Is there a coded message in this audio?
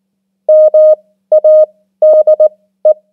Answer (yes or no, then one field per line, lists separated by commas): yes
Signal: Morse code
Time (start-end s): 0.5-2.9 s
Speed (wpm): 19 wpm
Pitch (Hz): 620 Hz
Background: none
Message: MADE